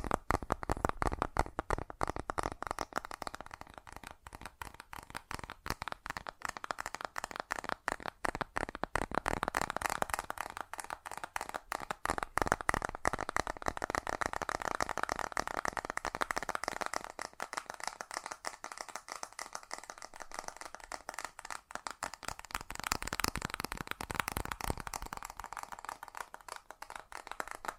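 Fast tapping runs for the whole clip, a dense, crisp stream of quick taps with no real pauses. The rhythm is rapid and mostly even, with small shifts in loudness and tone, some passages a little brighter and sharper, others softer and thinner.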